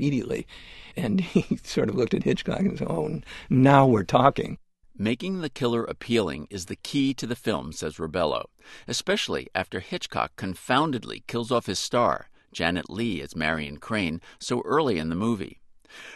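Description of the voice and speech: A man narrates fluently at a steady conversational pace with a mid-low pitch and natural intonation, briefly quoting another voice, with normal pauses between phrases. The speech is clear and ordinary, with no audible voice or fluency problem.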